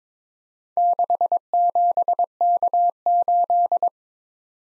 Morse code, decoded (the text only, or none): 67K8